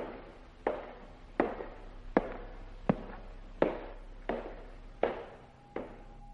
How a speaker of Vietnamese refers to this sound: Bên trong ấy chuyển ra âm thanh như là có người đang đi guốc gỗ nện xuống cái nền nhà. Âm thanh cứ vang lên cồm cộp, cồm cộp.